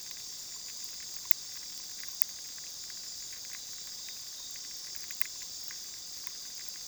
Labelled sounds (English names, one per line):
none